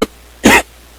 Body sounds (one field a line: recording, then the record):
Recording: coughing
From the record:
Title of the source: 61 morning phlegmy cough...again